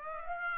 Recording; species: mosquito wingbeat signal from an infrared sensor; Aedes aegypti